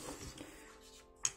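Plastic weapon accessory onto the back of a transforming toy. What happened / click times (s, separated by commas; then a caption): The plastic part clicked into place on the back / 1.2 s. A plastic weapon part is clipped onto the back of a transformed robot-dragon toy. Faint handling and a soft tap near 0.4 s come before a sharp, bright plastic click at 1.3 s. The part seats on the toy's back.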